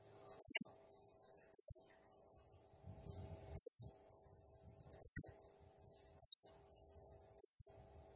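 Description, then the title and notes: Blue-crowned hanging parrot repeating a single shrill, very high squeak six times at irregular intervals. Singing energetically (gacor, nembak style); recording used as masteran (training sound) and lure for birds, said to stir up all birds. "Burung Serindit Nembak Gacor Bikin Emosi Semua Burung. Suara Nasteran Dan Pemikat Burung Serinditan Gacor"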